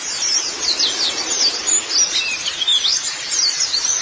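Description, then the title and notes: White-eye giving quick, high, sweeping chirps, some sliding down then up, in a short lively burst. Twittering song. "Kicauan Burung Pleci Durasi Panjang. Suara kicauan burung pleci"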